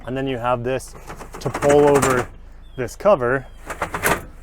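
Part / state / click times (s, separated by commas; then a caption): pickup bed tonneau cover latching at the bed end / seated / 4.1 s. The rolling tonneau cover on a Hyundai Santa Cruz pickup bed is pulled closed over the bed while someone talks. A quick ratcheting run of clicks at about 3.7, 3.8 and 3.9 seconds ends in a louder click at 4.1 seconds as the cover latches closed and locks into place at the bed end.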